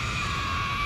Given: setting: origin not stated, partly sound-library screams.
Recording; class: one-second piece from a danger detection set; woman in danger